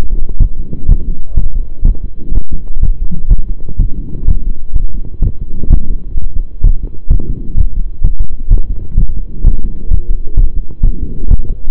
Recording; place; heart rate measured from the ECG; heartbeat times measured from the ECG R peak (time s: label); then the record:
heart sounds by stethoscope; between the tricuspid and mitral areas; 127 bpm
0.40 s: heartbeat
0.88 s: heartbeat
1.36 s: heartbeat
1.84 s: heartbeat
2.33 s: heartbeat
2.82 s: heartbeat
3.30 s: heartbeat
3.79 s: heartbeat
4.27 s: heartbeat
4.75 s: heartbeat
5.21 s: heartbeat
5.70 s: heartbeat
6.16 s: heartbeat
6.63 s: heartbeat
7.09 s: heartbeat
7.57 s: heartbeat
8.03 s: heartbeat
8.50 s: heartbeat
8.97 s: heartbeat
9.44 s: heartbeat
9.90 s: heartbeat
10.36 s: heartbeat
10.83 s: heartbeat
11.30 s: heartbeat
From the record:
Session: pedaling a stationary bicycle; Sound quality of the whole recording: saturated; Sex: male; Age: 23 years